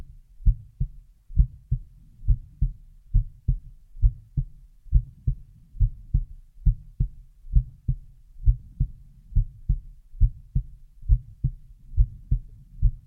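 A heartbeat heard up close, heart sounds only.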